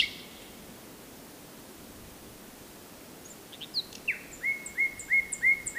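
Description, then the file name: Common nightingale song: a high note, then after a pause a series of whistled notes repeated about three times a second, over steady background hiss. "Luscinia megarhynchos"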